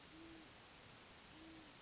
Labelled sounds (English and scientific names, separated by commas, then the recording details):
Great Horned Owl (Bubo virginianus)
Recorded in Sonoma County, California